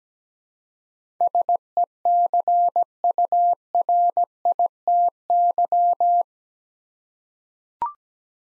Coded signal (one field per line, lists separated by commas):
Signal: Morse code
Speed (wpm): 17 wpm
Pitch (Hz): 700 Hz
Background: none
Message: SECURITY